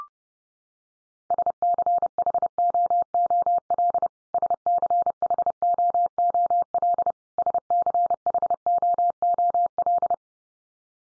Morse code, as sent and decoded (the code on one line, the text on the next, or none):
... -.-. .... --- --- .-.. / ... -.-. .... --- --- .-.. / ... -.-. .... --- --- .-..
SCHOOL SCHOOL SCHOOL